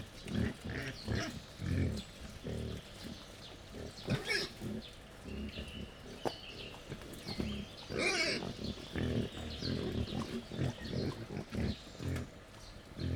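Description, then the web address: Wild boar giving a steady run of short, deep grunts, with a shriller squeal near the middle and a few higher clicks and rustles. Wild boar, captive at a zoo in Jászberény, feeding at a laid-out feeding table on 1 May 2015. "jaszberenyizoo 2015 professzionalis vaddiszno"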